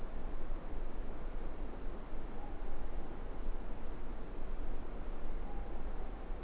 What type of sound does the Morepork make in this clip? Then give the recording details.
more-pork call. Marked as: faintness 5/5. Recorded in New Zealand. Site Eglinton